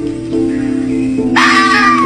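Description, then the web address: Red fox scream: a sudden loud, harsh wailing cry bursting in after a second, holding and sagging slightly in pitch, over a continuous low steady hum. "zvukt na cervena lisica"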